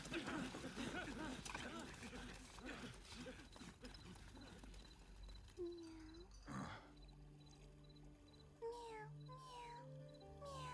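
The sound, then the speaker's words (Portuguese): A few drawn-out meows from a young female cat, falling in pitch, rise out of a dense, noisy background, with voices speaking in between, in a Brazilian Portuguese dub of a DC animation. “Não tenha medo. É só uma gatinha chamando.”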